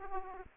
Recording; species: mosquito wingbeat signal from an infrared sensor; Aedes aegypti